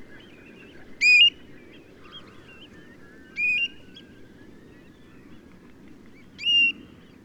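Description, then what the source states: Bird calls, three short whistled notes with a sharp start, spaced two to three seconds apart, with soft low background noise. Calls given while taking off and flying away.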